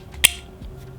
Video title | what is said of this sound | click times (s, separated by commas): VETIVER BEAST - MASQUE MILANO HEMINGWAY FRAGRANCE REVIEW | these caps are very nice they have a rubberized feel they do click into place so you can pick up the bottle by the cap if you want to as | 0.2 s